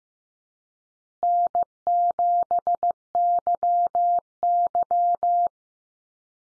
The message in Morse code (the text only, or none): N7YY